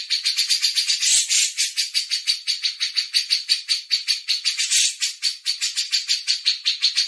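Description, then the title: Grey-cheeked bulbul giving an unbroken string of harsh buzzy pulses, with a couple of louder bursts. Masteran recording. "MASTERAN CUCAK JENGGOT"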